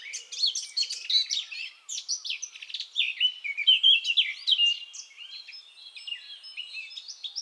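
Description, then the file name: Eurasian blackcap warbling song, a dense run of quick chattering and fluty notes with rapid pitch jumps, continuing almost without pause throughout. "Sylvia atricapilla"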